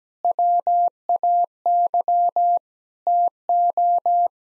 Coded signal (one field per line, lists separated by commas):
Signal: Morse code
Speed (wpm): 17 wpm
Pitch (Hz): 700 Hz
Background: none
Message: WAY TO